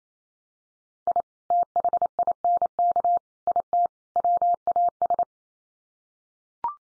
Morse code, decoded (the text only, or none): I THINK IT WAS